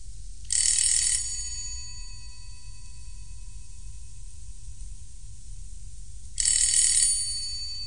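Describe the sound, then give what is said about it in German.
A doorbell rings twice in short, bright, high-pitched bursts, each lasting about half a second, with a long pause between them over a low, steady hum. “Lange reagierte niemand auf mein Klingeln.”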